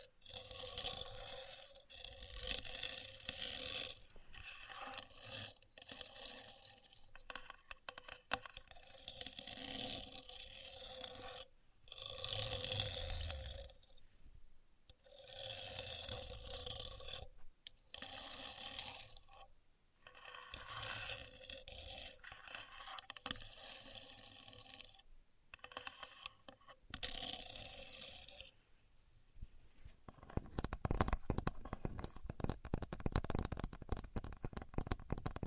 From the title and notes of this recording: Using A Contour Gauge (No Talking).